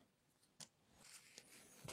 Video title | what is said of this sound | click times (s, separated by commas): kickstart kit installation Husqvarna FE ► Tuto #2 | là si newton mètre et puis bah vous serrez jusqu'à temps que vous entendez le clic | 0.6 s